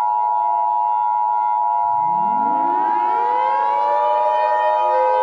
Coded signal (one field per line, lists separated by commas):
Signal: Emergency Alert System (SAME) tones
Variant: 853 and 960 Hz attention tone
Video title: EAS Scenario #67: Entities of Unknown Reforged